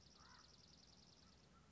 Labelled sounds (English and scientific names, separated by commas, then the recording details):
Dark-eyed Junco (Junco hyemalis)
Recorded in Sonoma County, California